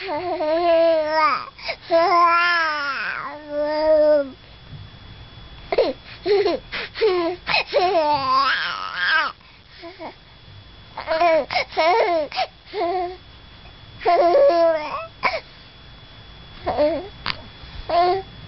Crying baby.